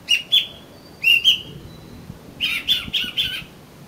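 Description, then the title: Oriental magpie-robin song: clipped harsh notes that slide into short whistles, given in pairs, then a rapid run of four buzzy whistled notes. "Kacer Kacer"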